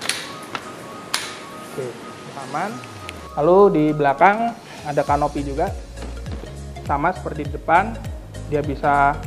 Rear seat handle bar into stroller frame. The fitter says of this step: misalnya anak sudah duduk di sini handle bar kita pasang kembali Sampai bunyi klik